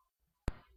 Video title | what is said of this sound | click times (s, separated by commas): Mantis User Guide 1 | The drop leaf table brackets will snap into place holding the light arms up. | 0.5 s